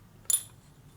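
A steel wrist pin snap ring in the piston of a 2001 Indian Scout 88ci big-bore S&S motorcycle engine is pushed up from the back side with a long screwdriver. At 0.3 s it gives a sharp, bright metallic click that rings briefly and fades by about 0.5 s, over a low steady hum. The snap ring clicks into its groove and is seated.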